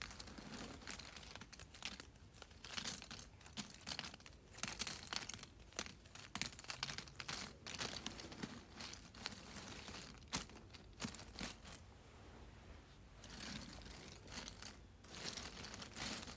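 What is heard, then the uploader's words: Small pieces of cardboard are shuffled and pushed around in quick, busy bursts of dry scraping and crinkling. The rustling is nearly continuous, with sharper clustered rattles and a brief thinner patch around twelve seconds. ASMR Shuffling Small Cardboard Pieces.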